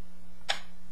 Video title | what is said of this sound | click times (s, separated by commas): How To Replace Or Upgrade Ram Acer Aspire 5742z | and you'll hear it snap right in | 0.5 s